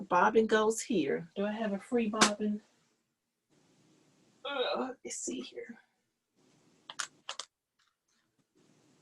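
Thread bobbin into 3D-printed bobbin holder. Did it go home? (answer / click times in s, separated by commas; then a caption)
yes / 6.9 s, 7.0 s. Someone talks, then a thread bobbin is pressed into a 3D-printed plastic bobbin holder. It snaps in with sharp clicks at 6.9 and 7.0 seconds, followed by two more short clicks near 7.3 and 7.4 seconds, and the bobbin is seated.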